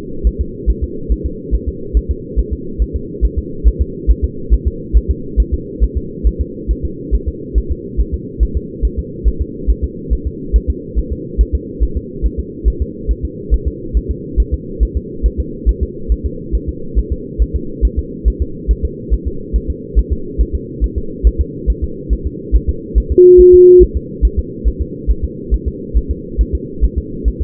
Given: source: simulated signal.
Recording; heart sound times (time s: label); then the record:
fetal heart sounds
0.27 s: S1
0.41 s: S2
0.70 s: S1
0.84 s: S2
1.12 s: S1
1.26 s: S2
1.55 s: S1
1.69 s: S2
1.97 s: S1
2.11 s: S2
2.39 s: S1
2.53 s: S2
2.82 s: S1
2.96 s: S2
3.25 s: S1
3.39 s: S2
3.68 s: S1
3.81 s: S2
4.11 s: S1
4.25 s: S2
4.54 s: S1
4.68 s: S2
4.97 s: S1
5.11 s: S2
5.40 s: S1
5.54 s: S2
5.83 s: S1
5.97 s: S2
6.27 s: S1
6.41 s: S2
6.71 s: S1
6.85 s: S2
7.15 s: S1
7.28 s: S2
7.58 s: S1
7.72 s: S2
8.00 s: S1
8.14 s: S2
8.43 s: S1
8.57 s: S2
8.85 s: S1
8.99 s: S2
9.28 s: S1
9.42 s: S2
9.70 s: S1
9.84 s: S2
10.13 s: S1
10.27 s: S2
10.56 s: S1
10.70 s: S2
10.99 s: S1
11.12 s: S2
11.41 s: S1
11.55 s: S2
11.83 s: S1
11.97 s: S2
12.26 s: S1
12.39 s: S2
12.68 s: S1
12.82 s: S2
13.11 s: S1
13.25 s: S2
13.54 s: S1
13.68 s: S2
13.97 s: S1
14.11 s: S2
14.40 s: S1
14.54 s: S2
14.83 s: S1
14.97 s: S2
15.26 s: S1
15.40 s: S2
15.69 s: S1
15.83 s: S2
16.12 s: S1
16.26 s: S2
16.55 s: S1
16.69 s: S2
16.99 s: S1
17.12 s: S2
17.42 s: S1
17.56 s: S2
17.85 s: S1
17.99 s: S2
18.28 s: S1
18.42 s: S2
18.71 s: S1
18.85 s: S2
19.14 s: S1
19.27 s: S2
19.56 s: S1
19.70 s: S2
19.99 s: S1
20.13 s: S2
20.41 s: S1
20.55 s: S2
20.84 s: S1
20.98 s: S2
21.27 s: S1
21.41 s: S2
21.70 s: S1
21.84 s: S2
22.13 s: S1
22.27 s: S2
22.56 s: S1
22.69 s: S2
22.98 s: S1
23.12 s: S2
23.40 s: S1
23.54 s: S2
23.83 s: S1
23.97 s: S2
24.25 s: S1
24.39 s: S2
24.68 s: S1
24.81 s: S2
25.11 s: S1
25.25 s: S2
25.54 s: S1
25.68 s: S2
25.97 s: S1
26.11 s: S2
26.41 s: S1
26.55 s: S2
26.84 s: S1
26.98 s: S2
27.28 s: S1
27.42 s: S2
From the record:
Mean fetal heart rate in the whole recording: 140 bpm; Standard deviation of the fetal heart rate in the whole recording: 2 bpm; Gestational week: 34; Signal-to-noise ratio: -4.3 dB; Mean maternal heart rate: 72 bpm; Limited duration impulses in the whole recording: present